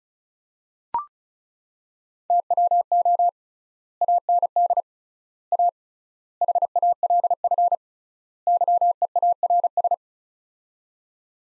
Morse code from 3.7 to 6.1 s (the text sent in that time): AND A